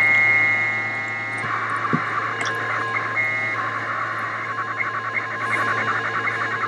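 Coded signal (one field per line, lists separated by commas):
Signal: packet radio (AX.25, as in APRS)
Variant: 1200 baud AFSK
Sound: buzzy tone, then harsh warbling data bursts between two tones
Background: hum and radio noise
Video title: Qtmm soundcard modem receiving AO-27 telemetry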